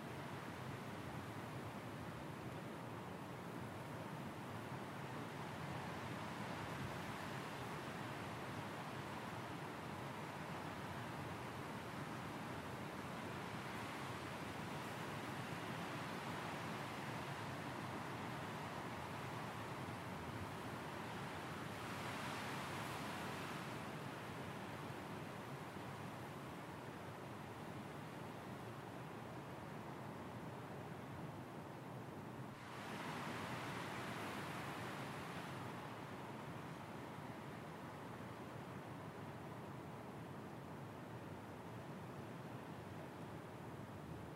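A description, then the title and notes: Steady wind roars on a spring day, a dense low rush with brighter gusts swelling around twenty-two and thirty-three seconds. Windy Spring Day. By request we have created another soundscape set in the forest, but this time with the wind as a focus.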